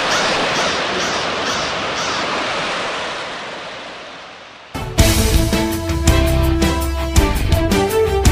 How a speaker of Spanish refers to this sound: El sonido azul del mar.